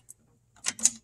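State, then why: Seated. A metal retaining clip on the emergency brake cable of a Mustang is pushed by finger onto the back side of a rear brake caliper. A faint tick comes first, then a short burst of metallic scraping and rattling, and the clip snaps in with a sharp click at 0.9 s. The clip is seated and spins freely.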